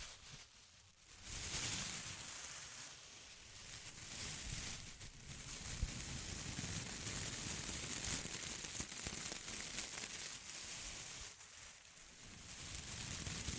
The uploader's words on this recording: ASMR Intense Close-Up Crinkles (No Talking).